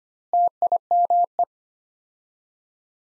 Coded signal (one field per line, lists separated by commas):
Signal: Morse code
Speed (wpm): 25 wpm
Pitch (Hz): 700 Hz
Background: none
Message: TIME